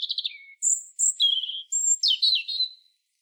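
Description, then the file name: European robin singing a fast trill, then high thin whistles and a tumbling, warbled flourish of varied notes, all very high-pitched against silence. "Erithacus rubecula"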